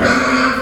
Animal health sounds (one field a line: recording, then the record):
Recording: squeal of a Yucatan mini pig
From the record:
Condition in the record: after surgery on the right vocal fold (resection and tissue-engineered implant)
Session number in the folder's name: 14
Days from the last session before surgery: 133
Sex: female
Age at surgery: 19 weeks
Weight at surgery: 25 kg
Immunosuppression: prednisolone